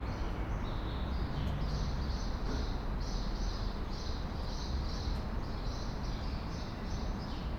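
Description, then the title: Sparrow chirps, short bright notes repeated in quick bursts over a steady low traffic rumble throughout. Distant birdsong, mainly sparrows, heard in the evening from under a reverberant medium-sized tunnel, with traffic rumble. "GameAudioGDC. Ambience. Evening. Under a medium sized tunnel. Reverberant acoustics. Reverberant traffic rumble & car engine howl & roars. Distat birdsong, mainly sparrows. Pedestrians passing"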